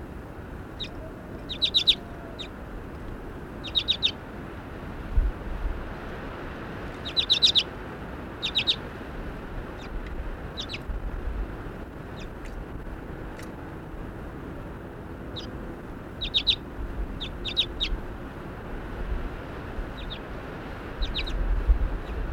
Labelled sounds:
Common Redpoll call
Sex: female
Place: Lieschow, Insel Rügen, Mecklenburg-Vorpommern, DE
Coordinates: 54.437, 13.175
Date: 1972-11-25
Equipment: Nagra III BH, Sennheiser MD 21
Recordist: Schubert, Michael
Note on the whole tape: Birkenzeisig (Weibchen ad. flammea) im Lockkäfig, "tschütt-tschütt" und Langruf

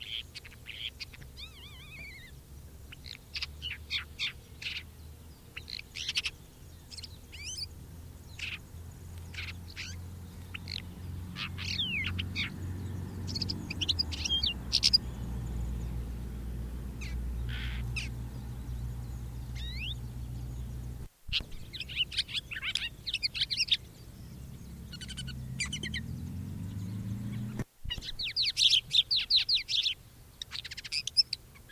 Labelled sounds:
Crested Lark song
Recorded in the wild
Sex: male
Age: adult
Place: Erlangen, Bayern, DE
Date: 1964-06-07
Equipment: Vollspur, Original
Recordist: Tretzel, Erwin

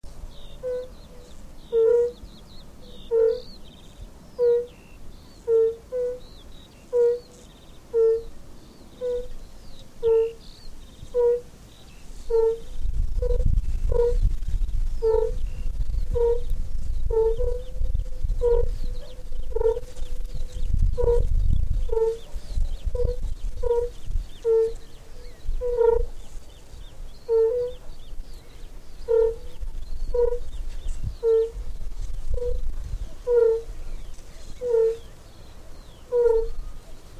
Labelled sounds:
Fire-Bellied Toad call
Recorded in the wild
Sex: male
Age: adult
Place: Falkenberger Rieselfelder, Barnim, Berlin, DE
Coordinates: 52.5839, 13.5542
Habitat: lake
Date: 1991-06-25 18:50
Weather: Luft: 18,9°C, Wasser: 22,2°C
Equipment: Uher 4000 Report Monitor, Sennheiser ME 80, K 30 AV, Original
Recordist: Frommolt, Karl-Heinz
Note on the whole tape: Rufe von zunächst zwei, später drei Tieren im Südbecken

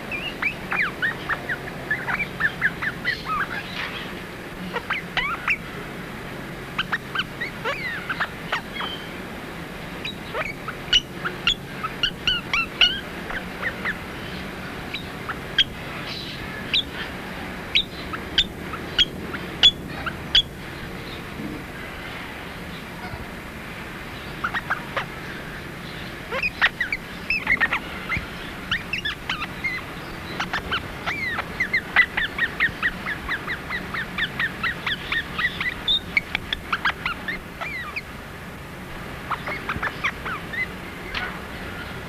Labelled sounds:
Australian Ringneck call
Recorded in captivity
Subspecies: semitorquatus
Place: Vogelpark Walsrode, Niedersachsen, DE
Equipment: Halbspur, 9,5 cm/s
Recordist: Lütgens, Hans
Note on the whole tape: Rufe

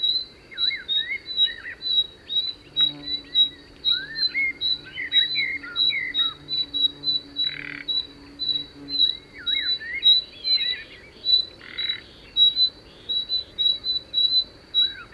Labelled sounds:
Common Nightingale call
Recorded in the wild
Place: Dumbraveni, Transilvania, RO
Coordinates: 46.23, 24.575
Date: 1976-06-05 18:14
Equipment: Nagra III BH, Sennheiser MD 21, parabola
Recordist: Schubert, Michael
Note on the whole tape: Nachtigall, warnendes Paar

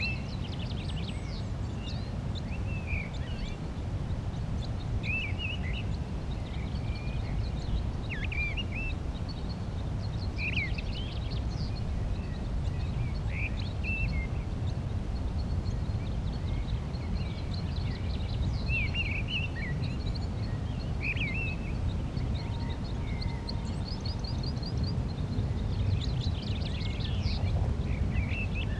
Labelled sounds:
Mistle Thrush song
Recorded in the wild
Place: Garmisch-Partenkirchen, Bayern, DE
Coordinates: 47.4981, 11.1306
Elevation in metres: 1043
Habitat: mountains
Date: 1980-03-29
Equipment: Uher 4000 Report, Sennheiser MKH 815 T
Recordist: Tretzel, Erwin

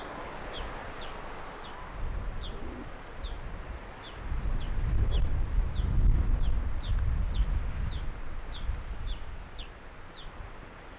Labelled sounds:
Arctic Fox
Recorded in the wild
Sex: male
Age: adult
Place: Insel Mednyi, Kommandeur-Inseln, RU
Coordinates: 54.5167, 168.083
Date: 1999-07-15 20:14
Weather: Nebel, 7°C, schwacher Nordwind
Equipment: Sony WM-D6C, Sennheiser ME 80, K 30 AV, Windkorb, Kopie Tascam DA 30
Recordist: Jakupi, Antje
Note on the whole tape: Südosten der Insel, Gerölltal: Bellstrophen vom nordwestlichen unteren Rand des Geröllfeldes. Zwei Bellstrophen nicht aufgezeichnet. Rüde rechts grün/grün 65 (deutlich erkannt). Entfernung 80 m

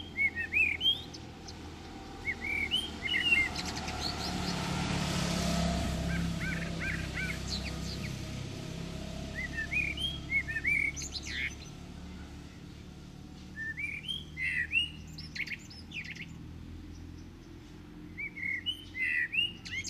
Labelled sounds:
Common Blackbird song
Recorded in the wild
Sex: male
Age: adult
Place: Garmisch-Partenkirchen, Bayern, DE
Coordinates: 47.5039, 11.0858
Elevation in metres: 691
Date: 1975-03-05
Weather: Sonne, warme Temperaturen
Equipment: Nagra IV, Sennheiser MKH 405, Parabolreflektor
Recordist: Tretzel, Erwin

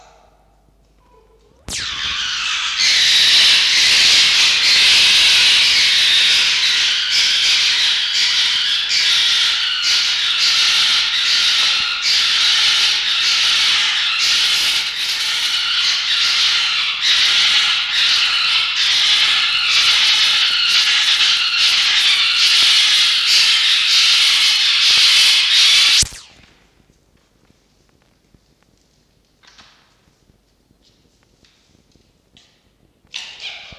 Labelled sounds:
Red Fox
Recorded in captivity
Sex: female
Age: adult
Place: Zoologisches Institut der HUB, Berlin, DE
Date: 1952-04-28 19:45
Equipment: Elmetra
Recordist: Tembrock, Günter

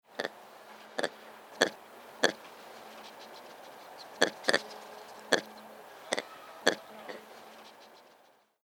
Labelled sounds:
Black Lemur
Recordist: Tembrock, Günter
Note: Kurzlaute

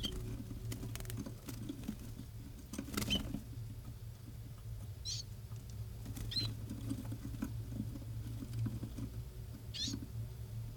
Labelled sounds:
Willow Warbler call
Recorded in captivity
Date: 1966-06-16 14:30
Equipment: Nagra III BH, Sennheiser MD 21
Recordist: Schubert, Michael

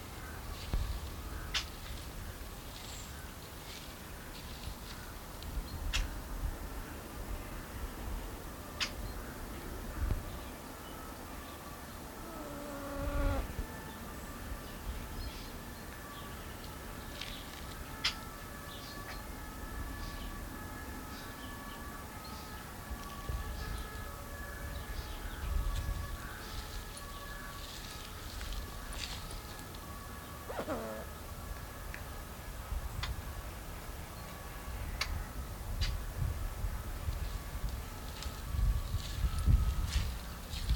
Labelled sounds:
White-necked Laughingthrush call
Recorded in captivity
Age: adult
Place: Tierpark Berlin, Berlin, DE
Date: 1993-12-18
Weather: bedeckt, 2°C
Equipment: Marantz CP 430, Sennheiser MKH 416 T, Kopie Uher Variocord 263
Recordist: Tembrock, Günter

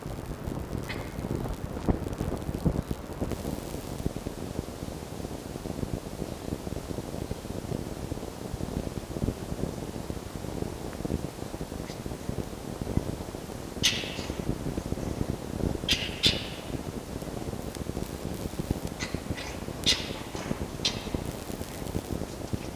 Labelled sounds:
Red Fox
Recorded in captivity
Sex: group
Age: diverse
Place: Zoologisches Institut der HUB, Berlin, DE
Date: 1954-04-27 17:50
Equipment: Elmetra
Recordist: Tembrock, Günter

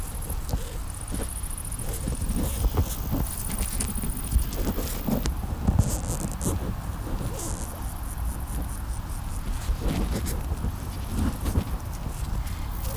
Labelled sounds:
Musk Beetle stridulation
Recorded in captivity
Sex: male
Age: imago
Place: Lübben, Spreewald, Brandenburg, DE
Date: 1997-08-06 17:27
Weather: ca. 24°C, heiter bis wolkig
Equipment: Sony MD-WM MZ-R3, Sennheiser MKH 416 T, Kopie Uher 4000 Report Monitor
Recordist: Tembrock, Günter

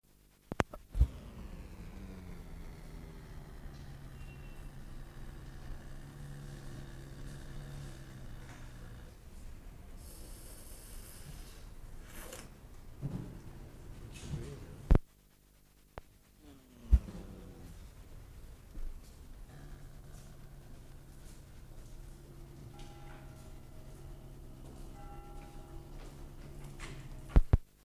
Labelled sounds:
Caracal
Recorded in captivity
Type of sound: growling, hiss
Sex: male
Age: adult
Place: Zoo Berlin, Berlin, DE
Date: 1958-12-24 11:45
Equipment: Vollspur
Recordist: Tembrock, Günter
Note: Kater: Fauchen und Knurren

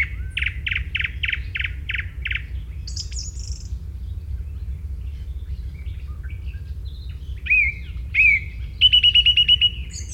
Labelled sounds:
Song Thrush song
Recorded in the wild
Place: Lohme, Insel Rügen, Mecklenburg-Vorpommern, DE
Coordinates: 54.565, 13.615
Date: 1981-06-24 06:18
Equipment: Nagra III BH, Sennheiser MD 21, parabola
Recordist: Schubert, Michael

